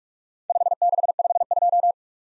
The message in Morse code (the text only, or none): 5652